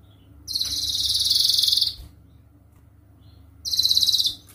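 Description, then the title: Canary giving two dense, buzzy high rolls separated by near silence. Gacor (lively singing) canary with the best cengkok (melodic turns) and most luxurious isian (filler phrases); kicaumania song for training. "Kenari Gacor Cengkok Terbaik Isian Paling Mewah Kenarigacor Kicaumania Kenari"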